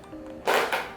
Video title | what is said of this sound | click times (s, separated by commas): Meal Prep Tips for Beginners | It snaps on, so that means that nothing's gonna drip out of this | 0.7 s